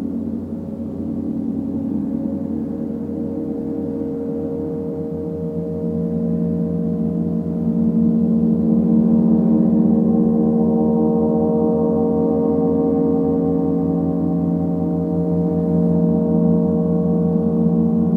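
A gong bath hums with a dense, sustained wash of low and mid tones, the overlapping tones shimmering and beating slowly. Around eight seconds the sound swells louder and fuller, then holds steady without distinct strikes, with little brightness up high.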